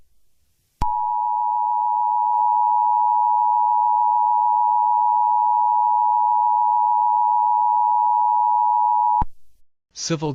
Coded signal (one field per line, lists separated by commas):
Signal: Emergency Alert System (SAME) tones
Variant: 853 and 960 Hz attention tone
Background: speech